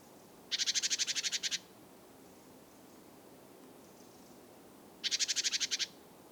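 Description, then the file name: Great tit uttering two scolding rattles, each a quick run of dry, buzzy pulses. "Parus major"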